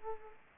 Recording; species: mosquito wingbeat signal from an infrared sensor; Culex quinquefasciatus